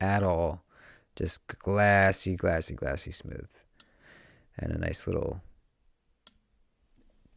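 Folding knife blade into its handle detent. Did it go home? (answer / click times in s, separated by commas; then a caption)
yes / 6.3 s. Someone talks as the steel blade of a folding knife is closed into its handle, and at 6.3 s it snaps into the detent with a sharp, brief click, seating shut. A smaller tick follows near 7.0 s before the clip ends quietly.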